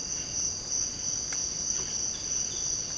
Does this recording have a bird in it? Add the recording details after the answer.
no. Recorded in secondary vegetation near Puerto Asís, Putumayo, Colombia, on 24 March 2025 at 06:00. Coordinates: 0.488, -76.319. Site G095